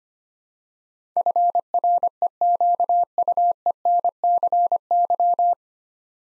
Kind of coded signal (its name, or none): Morse code